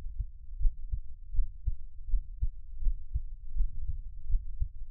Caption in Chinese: 獻上我的心跳 | Give my Heartbeat | NO Talking。